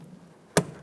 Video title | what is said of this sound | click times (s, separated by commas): How to Replace Mass Airflow Sensor 2012-2018 Nissan Altima (2.5L) | press it down listen for a click give it a light tug to make sure it is secured | 0.6 s